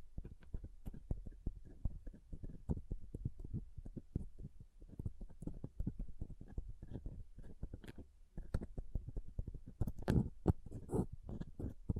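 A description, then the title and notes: Pom pom tingles: a rapid, dense stream of soft, low, muffled pats and rustles that keeps going nearly without pause. The patter briefly drops out a little after eight seconds, then returns with a few louder, brighter scratchy bursts around ten to eleven seconds. ASMR Ultimate Pom Pom Tingles (No Talking).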